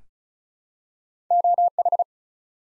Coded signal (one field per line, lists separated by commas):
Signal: Morse code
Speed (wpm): 36 wpm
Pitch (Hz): 700 Hz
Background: none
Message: OH